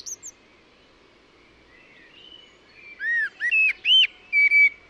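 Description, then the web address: Bird calls: a few faint early notes, then a series of clear arched whistles repeated in quick succession. "cianscape birddata Deverinetal 2025 Bird Only Tu Me Tu Me"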